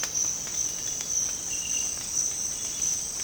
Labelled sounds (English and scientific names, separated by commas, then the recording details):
none
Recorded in secondary vegetation near Puerto Asís, Putumayo, Colombia, on 8 March 2025 at 06:30
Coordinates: 0.485, -76.322
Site G040